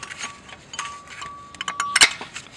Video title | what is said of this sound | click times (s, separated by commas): How to Replace Mazda 3 i Front Brake Pads & Rotors - FAST - SEIZED ROTOR TRICK! | and they will click right into place we're going to put some more anti-seize along this non-breaking surface | 2.0 s